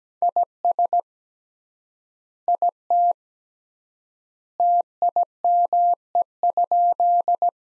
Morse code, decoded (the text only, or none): IS IT TIME?